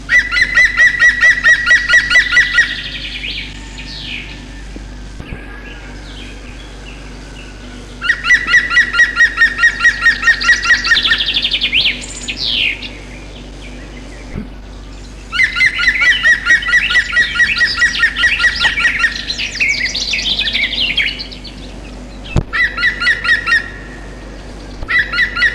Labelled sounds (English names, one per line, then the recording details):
European Green Woodpecker song
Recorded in the wild
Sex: male
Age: adult
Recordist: Meyer, Hugo